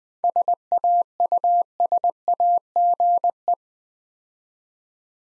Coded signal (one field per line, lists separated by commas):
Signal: Morse code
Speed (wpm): 20 wpm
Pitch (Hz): 700 Hz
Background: none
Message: SAUSAGE